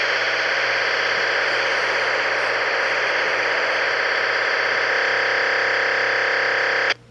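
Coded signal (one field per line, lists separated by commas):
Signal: digital voice data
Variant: DMR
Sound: harsh buzzing digital rasp, steady for about seven seconds, then abrupt cutoff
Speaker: that was somebody speaking on North America so that's what DMR sounds like on an analog radio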